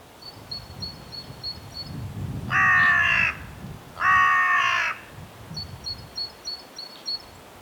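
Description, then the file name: Carrion crow giving two harsh, hoarse caws about a second and a half apart, with thin high-pitched chirps repeating before and after and low rumbling background. "Corvus corone"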